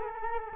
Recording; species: mosquito wingbeat signal from an infrared sensor; Culex quinquefasciatus